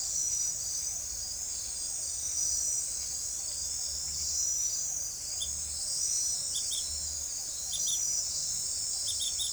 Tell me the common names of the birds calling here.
none